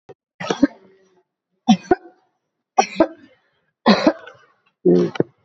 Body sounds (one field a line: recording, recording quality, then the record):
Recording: heavy voluntary cough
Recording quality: excellent, no background noise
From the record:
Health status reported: healthy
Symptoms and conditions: none ticked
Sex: female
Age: 50 years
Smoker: not ticked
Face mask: worn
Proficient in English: no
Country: India